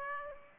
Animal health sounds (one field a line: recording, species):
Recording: mosquito wingbeat signal from an infrared sensor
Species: Aedes aegypti